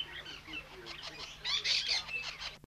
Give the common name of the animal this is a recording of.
Superb Parrot